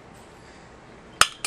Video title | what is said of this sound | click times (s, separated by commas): Fan Unit and Flywheel Removal | you can see you can hear the click OK | 1.2 s